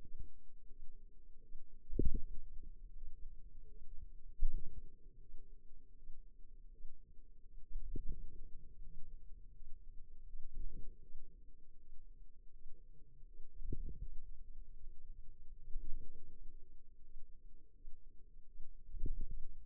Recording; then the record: forearm muscle sounds (acoustic myography)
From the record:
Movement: ulnar deviation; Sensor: system 2, bracelet of six BSWA MPA416 microphones around the upper forearm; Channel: 1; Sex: female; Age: 23 years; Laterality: right